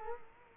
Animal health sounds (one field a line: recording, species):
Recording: mosquito wingbeat signal from an infrared sensor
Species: Culex quinquefasciatus